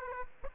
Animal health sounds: mosquito wingbeat signal from an infrared sensor; Aedes aegypti

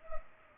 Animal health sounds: mosquito wingbeat signal from an infrared sensor; Culex pipiens

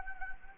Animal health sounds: mosquito wingbeat signal from an infrared sensor; Anopheles gambiae

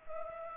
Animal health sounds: mosquito wingbeat signal from an infrared sensor; Culex pipiens

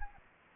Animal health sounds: mosquito wingbeat signal from an infrared sensor; Anopheles gambiae

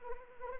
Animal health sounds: mosquito wingbeat signal from an infrared sensor; Anopheles arabiensis

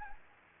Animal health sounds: mosquito wingbeat signal from an infrared sensor; Anopheles gambiae

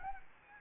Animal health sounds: mosquito wingbeat signal from an infrared sensor; Anopheles gambiae

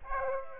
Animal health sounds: mosquito wingbeat signal from an infrared sensor; Aedes aegypti

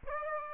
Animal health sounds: mosquito wingbeat signal from an infrared sensor; Aedes aegypti

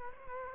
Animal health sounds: mosquito wingbeat signal from an infrared sensor; Culex quinquefasciatus

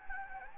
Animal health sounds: mosquito wingbeat signal from an infrared sensor; Anopheles gambiae

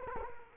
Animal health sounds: mosquito wingbeat signal from an infrared sensor; Culex quinquefasciatus

